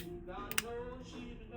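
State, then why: Seated. A plastic wiring harness connector, the C175B on a Ford F100 Coyote swap with a Lokar 6R80 Sport Mode, is pushed onto its mating connector over steady tonal background music. Two sharp clicks sound at 0.5 s and 0.6 s, the second louder. The connector is fully seated and locked in.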